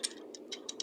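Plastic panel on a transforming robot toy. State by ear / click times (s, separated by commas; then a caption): seated / 0.0 s. A plastic panel on a transforming robot toy, a Transformers DOTM Deluxe Optimus Prime, is pushed back out into position and soft-clicks into place at 0.1 s. Four more quieter plastic clicks follow at about 0.3, 0.5, 0.7 and 0.8 seconds over a low steady background hum. The part is seated.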